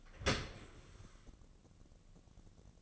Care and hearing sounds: daily activity, microphone in the room; open dishwasher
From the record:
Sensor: 4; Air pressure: 1013.2 hPa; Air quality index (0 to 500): 171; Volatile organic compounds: 2 ppm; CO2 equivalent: 1078 ppm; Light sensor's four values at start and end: 69/172/71/72 and 65/162/67/68

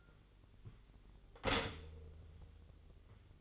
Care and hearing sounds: daily activity, microphone in the room; stop toaster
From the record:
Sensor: 4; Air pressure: 1002.7 hPa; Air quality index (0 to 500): 233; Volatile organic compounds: 16 ppm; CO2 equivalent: 2526 ppm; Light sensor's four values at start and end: 21/74/27/27 and 18/59/22/21

